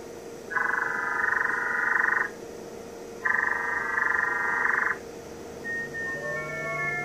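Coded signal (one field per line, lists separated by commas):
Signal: digital SSTV (DRM)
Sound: two buzzy, warbling multi-tone data bursts, each nearly two seconds, separated by a pause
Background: radio static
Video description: A simple test showing the transmission of a digital SSTV image on 14.233 MHz, the 20 meter digital image band.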